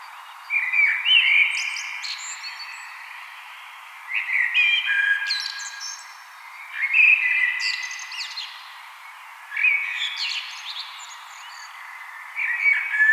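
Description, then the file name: Common blackbird song: five rich, whistled phrases roughly every three seconds, the last cut off, each a low mellow warble followed by a brief high, scratchy twitter. "Turdus merula"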